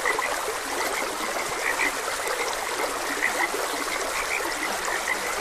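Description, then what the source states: Frog croaks and chirps overlap in a thick chorus, with a few louder notes standing out above the steady rush of a stream. Frogs croaking beside a gentle stream.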